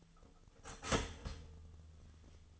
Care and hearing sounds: daily activity, microphone in the room; start toaster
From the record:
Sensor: 4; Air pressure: 1010.0 hPa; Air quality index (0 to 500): 181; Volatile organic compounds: 5 ppm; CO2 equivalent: 1835 ppm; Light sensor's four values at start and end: 23/68/27/26 and 22/68/26/26

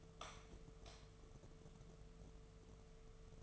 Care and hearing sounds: daily activity, microphone in the room; light off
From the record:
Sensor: 4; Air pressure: 1015.4 hPa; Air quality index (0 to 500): 173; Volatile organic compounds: 7 ppm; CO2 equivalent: 2002 ppm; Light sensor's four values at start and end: 17/40/16/16 and 16/37/15/15

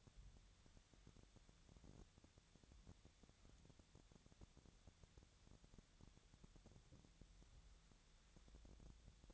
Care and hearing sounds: daily activity, microphone in the room; wipe stove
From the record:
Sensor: 3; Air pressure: 1007.0 hPa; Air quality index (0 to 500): 204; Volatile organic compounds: 18 ppm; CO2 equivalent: 2607 ppm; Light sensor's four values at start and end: 11/27/11/11 and 11/27/11/11

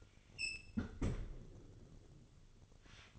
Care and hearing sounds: daily activity, microphone in the room; close fridge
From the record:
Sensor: 4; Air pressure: 1008.6 hPa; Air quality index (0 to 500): 82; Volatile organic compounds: 1 ppm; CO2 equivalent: 650 ppm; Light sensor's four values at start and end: 13/29/12/12 and 14/31/13/13

